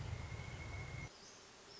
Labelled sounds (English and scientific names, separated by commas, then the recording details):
Pileated Woodpecker (Dryocopus pileatus)
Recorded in Sonoma County, California